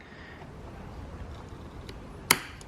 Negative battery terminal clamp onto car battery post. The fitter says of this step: until it snaps into that locking position